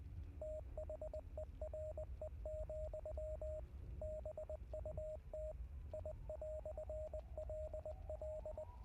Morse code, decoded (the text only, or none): THERE, BUT I"LL